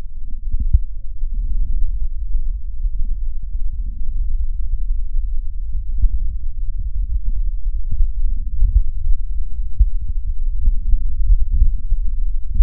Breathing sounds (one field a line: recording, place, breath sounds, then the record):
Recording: lung sounds by stethoscope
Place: right posterior upper chest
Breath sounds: crackles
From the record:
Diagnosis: heart failure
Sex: male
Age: 56 years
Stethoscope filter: bell mode, 20 to 200 Hz